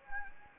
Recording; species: mosquito wingbeat signal from an infrared sensor; Anopheles gambiae